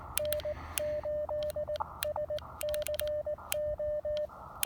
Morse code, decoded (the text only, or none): N8SCO